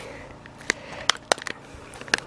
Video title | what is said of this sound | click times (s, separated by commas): Fix Sticky Buttons On Glorious Model i + How To Disassemble Guide ! | sure it snaps in place on all of the clips. | 0.7 s, 1.1 s, 1.3 s, 2.1 s